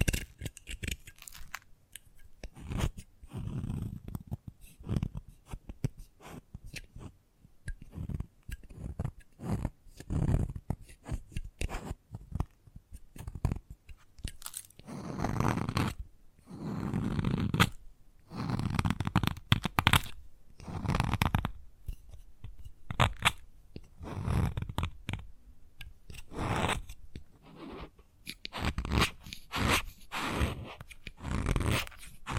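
Chalk is worked against a hard surface in a dense, irregular string of short taps and gritty scratches, with crunchy, scraping strokes. Bursts come every second or so throughout, some sharp and bright, others longer and heavier, with brief quiet gaps between.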